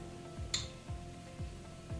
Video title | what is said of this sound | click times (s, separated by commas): Disk Binding & Mushroom Hole Punch - What to know about this paper binding system | You can kind of, it clicks. | 0.5 s